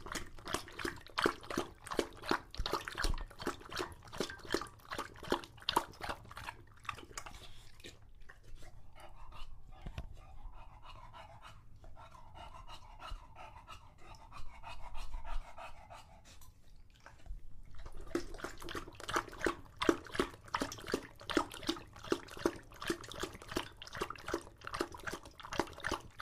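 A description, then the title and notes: An English bulldog laps rapidly and noisily from a water bowl, a fast, steady stream of wet slurps. Around the middle, from about 7 to 17 seconds, the lapping stops and soft panting and snuffling breaths take over before drinking resumes. English Bulldog Drinks from Water Bowl. Don't let his heavy breathing fool you in between drinks, he's equally out of breath from the walk, as well as how long he tries to drink water for.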